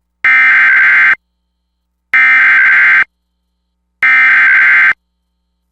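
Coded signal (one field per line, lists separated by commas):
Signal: Emergency Alert System (SAME) tones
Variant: header bursts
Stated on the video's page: Severe Thunderstorm Warning aired by a TV station during its 5pm newscast.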